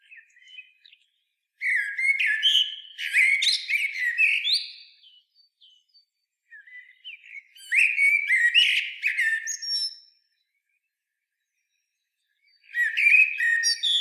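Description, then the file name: Common blackbird song: three bursts of warbled, fluty phrases with squeaky high twitters, separated by pauses of a few seconds. "Turdus merula"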